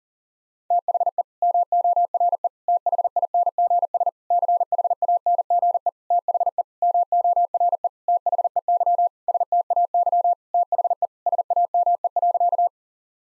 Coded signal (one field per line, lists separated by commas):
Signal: Morse code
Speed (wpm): 40 wpm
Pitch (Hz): 700 Hz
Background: none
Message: THE MORE THINGS CHANGE THE MORE THEY STAY THE SAME.